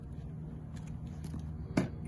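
A command launch unit (sight) is slid forward and pressed down onto a missile launch tube round's interface bracket. Over a low steady rumble, a sharp snap at 1.8 s marks its latches snapping into place, with a smaller tick near 2.1 s. The sight is seated on the round.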